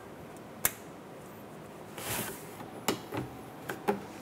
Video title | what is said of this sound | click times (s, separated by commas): How to Replace Downstream O2 Sensor 2014-2019 Toyota Highlander | push until you hear a click | 0.7 s